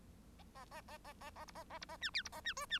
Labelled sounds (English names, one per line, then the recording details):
Bengalese Finch song
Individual Bird1